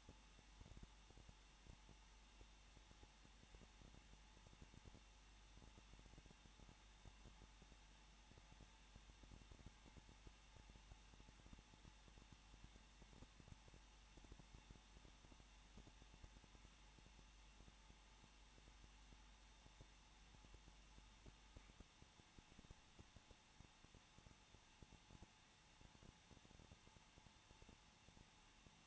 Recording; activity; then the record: daily activity, microphone in the room; no activity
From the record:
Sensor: 1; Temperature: 20.1 degrees Celsius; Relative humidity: 39.3%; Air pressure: 1006.4 hPa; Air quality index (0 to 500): 218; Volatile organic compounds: 80 ppm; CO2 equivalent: 3606 ppm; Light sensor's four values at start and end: 1/2/1/1 and 1/2/1/1